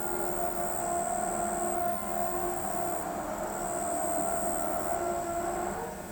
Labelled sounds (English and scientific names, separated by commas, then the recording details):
none
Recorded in pastures near Pivijay, Magdalena, Colombia, on 14 April 2023 at 23:30
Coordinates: 10.456, -74.369
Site P6-G026